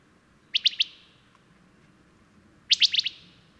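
Bird song: two crisp bursts of three to five sharp, high chirps, about two seconds apart, against a quiet background.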